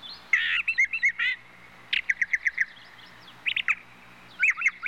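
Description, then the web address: Bird song with a harsh chattering phrase, a series of clipped repeated chirps, then squeaky whistled notes after a short gap. "птицы"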